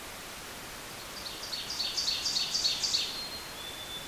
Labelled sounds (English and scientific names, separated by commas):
Ovenbird (Seiurus aurocapilla) song